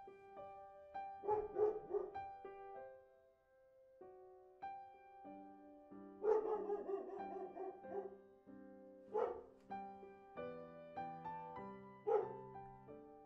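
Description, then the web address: Dog giving a few scattered bursts of barks amid steady layered tones. Recorded inside a dog boarding house. "sound dog-boarding-house. صدای-فضای-داخلی-پانسیون-سگها"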